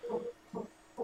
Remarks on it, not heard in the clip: You can hear the baby's heartbeat. It's pretty strong. 136. The hospital that we're at.